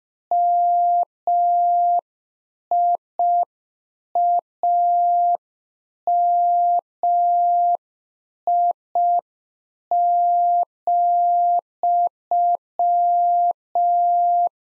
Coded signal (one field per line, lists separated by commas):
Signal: Morse code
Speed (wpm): 5 wpm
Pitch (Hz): 700 Hz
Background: none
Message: MIAMI,